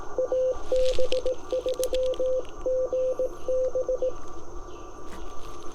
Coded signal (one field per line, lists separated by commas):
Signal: Morse code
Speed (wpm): 16 wpm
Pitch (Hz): 510 Hz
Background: none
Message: AB3GB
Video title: J-38 + IC-705 On The Air: 15 WPM CW POTA Activation of Crows Nest Natural Preserve VA